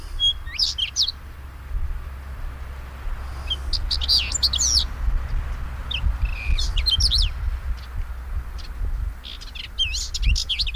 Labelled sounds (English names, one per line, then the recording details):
Whinchat song
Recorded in the wild
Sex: male
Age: adult
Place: Bötzow - Krämer, Brandenburg, DE
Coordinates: 52.6736, 13.0725
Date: 1997-05-18 14:17
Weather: sunny, 27°C, partly gusty winds
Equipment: Sony MD-WM MZ-R3, Sennheiser MKH 416 T, Kopie Uher 4000 Report Monitor
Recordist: Tembrock, Günter